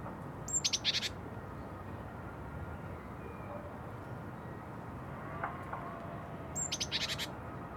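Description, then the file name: Small birds chirping in two short bursts of high, rapid, scratchy notes with a thin whistle, separated by several seconds of steady low rumbling background noise. Small birds recorded in a nest. "freesound small birds in nest"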